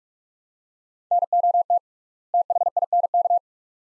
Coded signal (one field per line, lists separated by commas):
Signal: Morse code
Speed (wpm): 46 wpm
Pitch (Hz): 700 Hz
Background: none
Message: NOT THINK